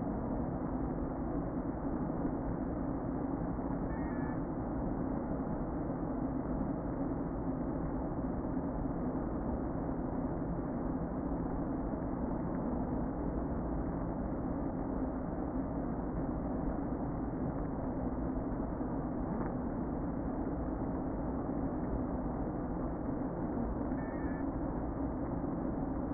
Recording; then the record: honeybee colony, microphone inside the hive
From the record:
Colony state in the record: queen present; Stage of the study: before two queens were removed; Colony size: about 60,000 bees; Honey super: yes